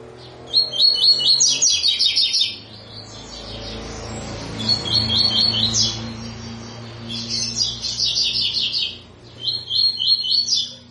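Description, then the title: Double-collared seedeater song, several loud bursts of rapid high repeated notes separated by short gaps. Tui-tui song type from a 'fibra' bird; teacher song (canto professor) used for teaching young birds. "COLEIRO TUI TUI FIBRA CANTO PROFESSOR"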